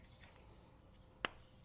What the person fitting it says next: that clicks back in